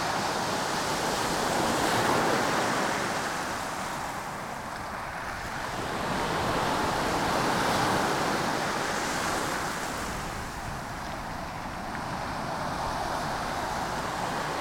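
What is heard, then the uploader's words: Waves wash close to the shore on a pebble beach, a dense continuous hiss with slow swells rising around two, seven to eight, and twelve seconds. The sound is full and near, bright grainy rush over a soft low rumble, with no distinct breaks. Deal, Pebble Beach. Impromptu recording in late May 2015. Close to the shore with Sony M10 and Luhd Primo 172 mics clipped to either side of shoulder bag.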